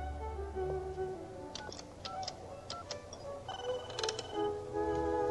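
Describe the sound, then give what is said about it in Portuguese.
A telephone rings with bright electronic tones, joined by scattered sharp clicks and ticks over a steady low rumble, with no one speaking. “O telefone. Me dê o telefone. Eu tenho que atender essa chamada.”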